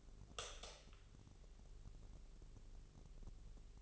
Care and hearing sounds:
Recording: daily activity, microphone in the room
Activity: light on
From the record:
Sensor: 4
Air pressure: 996.0 hPa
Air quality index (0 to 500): 62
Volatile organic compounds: 2 ppm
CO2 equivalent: 1113 ppm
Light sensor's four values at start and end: 15/34/14/13 and 18/45/18/18

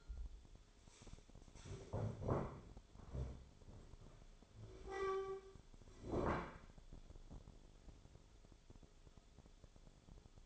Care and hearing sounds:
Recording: daily activity, microphone in the room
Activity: stand up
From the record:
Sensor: 5

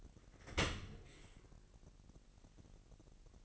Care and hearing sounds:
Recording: daily activity, microphone in the room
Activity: open dishwasher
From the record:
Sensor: 4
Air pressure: 1001.5 hPa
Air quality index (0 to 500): 247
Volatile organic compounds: 41 ppm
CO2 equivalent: 3157 ppm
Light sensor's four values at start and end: 8/18/7/6 and 8/18/7/6

